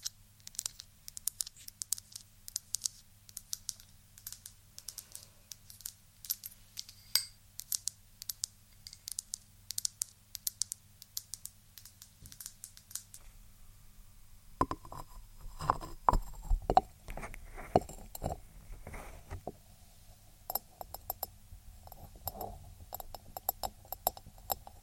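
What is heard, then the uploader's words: Tapping triggers: quick, crisp taps fire in dense, irregular bursts through the first half, bright and clicky like fingers on a hard surface. After about fifteen seconds the taps turn heavier and more resonant, with thuds and clinking tones over a low steady hum. ASMR Helping You Fall Asleep Relaxing TappingTriggers.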